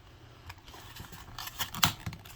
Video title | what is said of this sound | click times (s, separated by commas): McFarlane Monday - The Suicide Squad and Blight - DC Multiverse - Unboxing and Review | He squeezes with a little click, | 1.8 s